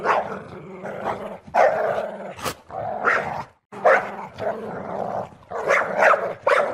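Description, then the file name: Dog growls rumble in harsh bursts, with a short silent gap midway through. "Tieng cho gam gu"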